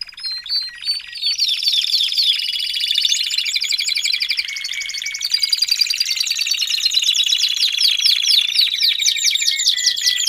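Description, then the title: Domestic canary in full song, a dense unbroken stream of fast trills and rolling tours with many quick sweeping notes layered throughout. Male Belgian canary singing a lot, used to warm up and train young canaries. "Canary Training Esquente Seu Filhote E Canario Belga Macho Cantando Muito"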